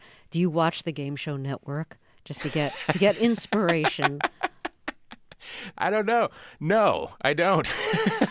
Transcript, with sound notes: Do you watch the Game Show Network just to get inspiration?
(LAUGHTER)
I don't know. No, I don't.